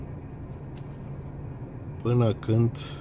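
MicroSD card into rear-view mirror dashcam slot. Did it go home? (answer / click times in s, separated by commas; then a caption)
no / none. A microSD card is lined up, metal side outward, at the card slot of a NAVITEL MR250 rear-view mirror dashcam, ready to be pushed in until it clicks. A steady low hum runs throughout, with a faint short tick at about 0.8 s, someone talking briefly near the end, and a burst of hiss at the close. The card has not seated or clicked yet.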